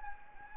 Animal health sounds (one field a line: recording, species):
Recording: mosquito wingbeat signal from an infrared sensor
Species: Anopheles gambiae